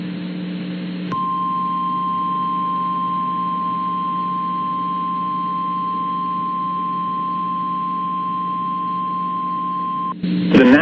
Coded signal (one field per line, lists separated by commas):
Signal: Emergency Alert System (SAME) tones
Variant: 1050 Hz attention tone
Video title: EAS Tornado Warning in Saginaw, MI